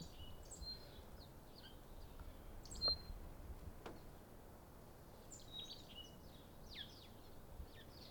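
Birds chirping: many short, high, sweeping chirps and tweets scattered throughout, over a faint steady hiss.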